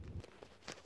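A vehicle seat belt tongue is latched into its buckle after the belt is threaded back through the belt path of an Evenflo Embrace 35 child car seat. Faint ticks and rustles lead up to a moderate sharp click at 0.7 s as the buckle latches and seats.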